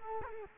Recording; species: mosquito wingbeat signal from an infrared sensor; Culex quinquefasciatus